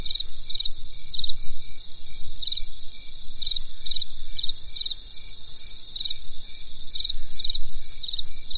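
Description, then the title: Insect chirps in short pulsed bursts, sometimes paired, recurring irregularly over a continuous high drone with low rumble underneath. Insects calling on a winter night in the countryside. "There was a crisp sound of insects in the winter night. Come and experience a sound therapy feast from the countryside"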